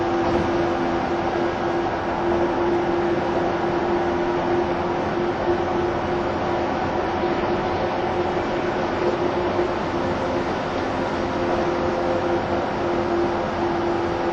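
Running sound from inside a 185 series train on the Odoriko 106 service, a steady low rumble with a constant mid-pitched hum running through it. The noise stays level for the whole stretch, with only slight flutter and no distinct clacks or other events.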